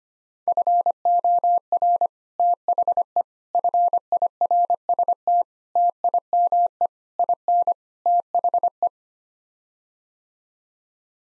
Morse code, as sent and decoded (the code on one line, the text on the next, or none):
..-. --- .-. / - .... . / ..-. .. .-. ... - / - .. -- . / .. -. / - .... .
FOR THE FIRST TIME IN THE